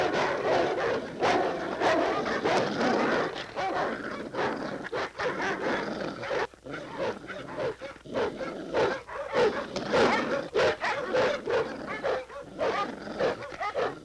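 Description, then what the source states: Dogs barking repeatedly, sharp separate barks in irregular runs over a constant background of further barking from several animals. Multiple dogs barking.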